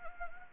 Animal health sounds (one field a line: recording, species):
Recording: mosquito wingbeat signal from an infrared sensor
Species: Anopheles gambiae